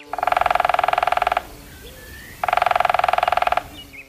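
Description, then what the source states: Woodpecker drumming: two rapid, even bursts of knocks, each lasting just over a second, separated by a pause of about one second. Heard from afar while walking along a trail, knocking on a tree.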